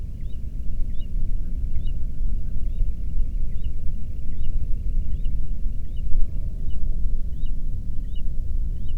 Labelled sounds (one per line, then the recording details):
bird
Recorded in the Prudhoe Bay oil fields, Alaska, on 13 June 2019 at 00:34
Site 30